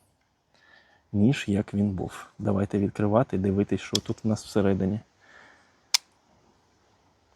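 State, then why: Seated. Someone talks from about 1.1 to 5.0 seconds, then the pliers head of a metal Nextorch Pioneer MT20 multitool is flicked open in its handle frame. It snaps into the open position with one sharp, loud click at 5.9 seconds and locks in place.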